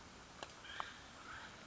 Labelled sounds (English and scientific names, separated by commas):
Acorn Woodpecker (Melanerpes formicivorus)